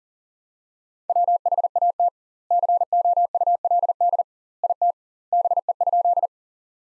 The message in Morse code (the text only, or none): WHAT COULD IT BE?